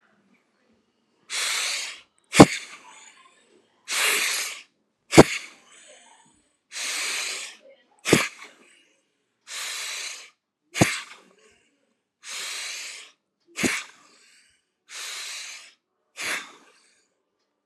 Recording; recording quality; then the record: deep breathing; excellent, no background noise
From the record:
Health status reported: healthy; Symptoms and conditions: hypertension, diabetes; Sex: male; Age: 64 years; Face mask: not worn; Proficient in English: yes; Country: India